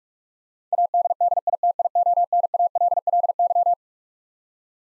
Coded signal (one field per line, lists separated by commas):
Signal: Morse code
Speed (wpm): 46 wpm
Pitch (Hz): 700 Hz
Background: none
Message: ADDITIONALLY